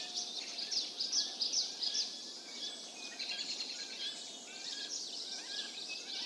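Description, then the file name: Birds chirping in a high, busy chorus, with a run of bright clipped notes at the start and softer overlapping twitters afterward. Birds calling in a mountain forest. "Tieng chim keu trong rung nui"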